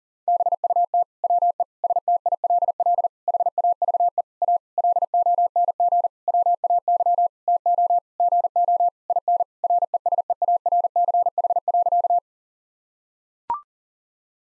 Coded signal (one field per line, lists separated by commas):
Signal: Morse code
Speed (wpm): 40 wpm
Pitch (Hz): 700 Hz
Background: none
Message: BUT WE STILL HAVE A LONG WAY TO GO IN RESEARCH.